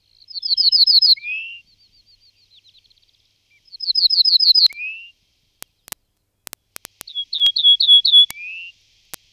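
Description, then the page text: Ortolan bunting song: three phrases, each a quick run of repeated high ringing notes ending in a lower, slurred note, with a faint softer series between and scattered sharp clicks. "desfayes. Emberiza hortulana"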